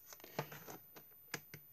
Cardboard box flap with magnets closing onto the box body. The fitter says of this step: Cette partie-là viendra là et viendra se clipser ici.